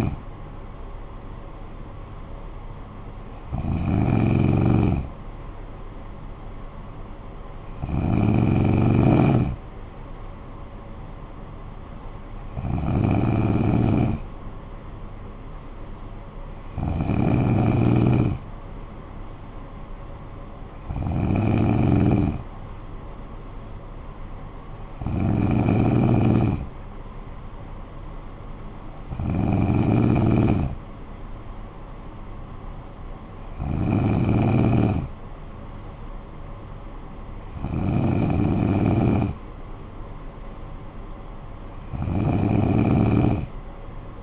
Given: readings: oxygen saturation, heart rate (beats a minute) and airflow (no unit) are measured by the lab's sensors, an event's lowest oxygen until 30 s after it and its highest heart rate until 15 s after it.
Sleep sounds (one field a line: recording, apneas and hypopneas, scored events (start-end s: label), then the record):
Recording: breathing in sleep by a smartphone at the bedside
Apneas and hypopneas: none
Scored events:
none scored
From the record:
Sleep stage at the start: N2 (light sleep)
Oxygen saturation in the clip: 94%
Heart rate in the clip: 55 to 62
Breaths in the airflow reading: 11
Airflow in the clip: -9.7 to 6.6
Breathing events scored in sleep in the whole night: 445 in 7.6 hours asleep